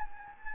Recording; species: mosquito wingbeat signal from an infrared sensor; Anopheles gambiae